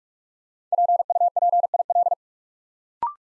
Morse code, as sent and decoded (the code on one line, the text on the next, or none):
.--. ..- .--. .. .-..
PUPIL